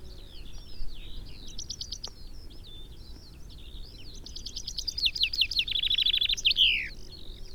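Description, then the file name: Common chaffinch: soft twittering, then a trilled phrase ending in a sharp sweeping flourish. "Fringilla coelebs"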